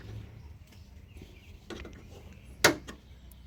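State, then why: Seated. A metal retaining clip on the front hood gas strut of a 2016 VW Transporter/Caravelle T6 van is pushed down with a finger over the strut end fitted onto its ball stud. After low background rumble and a faint rustle near 1.7 s, a sharp snap at 2.6 s marks the clip seating fully into place.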